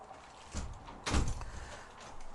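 A door moves with a short scraping rustle, followed about half a second later by a louder, fuller thud as it swings shut, with faint low rumble around it and no voices.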